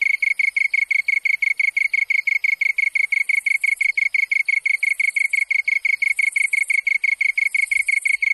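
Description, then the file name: Japanese tree cricket song: steady, rapid pulsing, unbroken from start to finish, with faint high hiss in the background. Recorded 27 August 1997. "970827 kantan"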